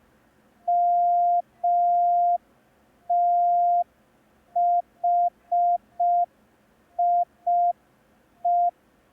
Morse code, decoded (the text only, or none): MTHIE